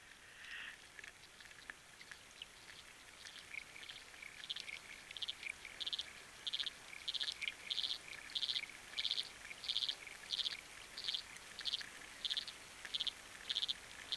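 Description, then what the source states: Frogs calling underwater, a regular series of short pulsed bursts growing stronger, over a steady hiss. Frogs recorded underwater with a hydrophone, with rain and wind audible.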